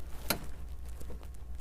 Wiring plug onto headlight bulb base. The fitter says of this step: and there they go you can hear them pop or kind of snap into place so